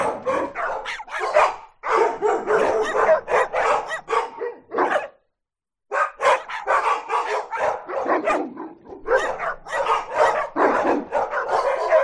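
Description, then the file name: Dogs barking: many dogs give loud, overlapping barks in rapid bursts, with one brief pause of near silence partway through. Many dogs barking together. "zapsplat animals dogs lots various barking"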